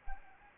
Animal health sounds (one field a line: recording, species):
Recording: mosquito wingbeat signal from an infrared sensor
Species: Anopheles gambiae